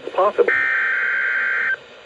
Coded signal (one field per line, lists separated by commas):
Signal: Emergency Alert System (SAME) tones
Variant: header bursts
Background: speech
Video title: EAS #599-602 LOT Required Weekly Test